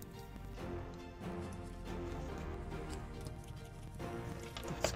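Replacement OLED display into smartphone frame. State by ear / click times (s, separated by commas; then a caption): seated / 4.6 s, 4.8 s. A replacement OLED screen, already tested, is closed down onto the metal and glass frame of an iPhone 15 Pro Max and pressed until its clips snap in, with music playing throughout. Two sharp snaps are heard near the end at 4.6 s and 4.8 s, and the display is seated in the frame.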